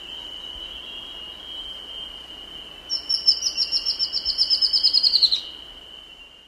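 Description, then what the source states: Spot-winged Antbird song: a quick series of many high, even notes, falling slightly in pitch, over a steady high-pitched whine throughout. South America.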